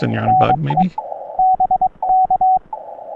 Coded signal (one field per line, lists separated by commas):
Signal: Morse code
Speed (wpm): 22 wpm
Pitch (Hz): 750 Hz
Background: speech, radio noise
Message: NE BK